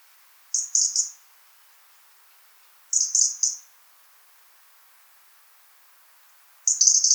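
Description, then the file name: European robin giving sharp, very high ticking calls in quick bursts of three or four, the bursts coming about two to four seconds apart against a quiet background. "Erithacus rubecula"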